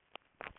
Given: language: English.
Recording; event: throat vibration sensor signal played as sound; swallow